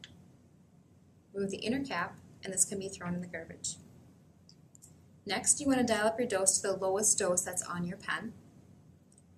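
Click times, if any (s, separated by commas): 9.1 s, 9.2 s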